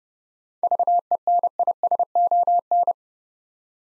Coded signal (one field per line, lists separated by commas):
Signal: Morse code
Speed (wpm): 32 wpm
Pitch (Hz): 700 Hz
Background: none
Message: VENISON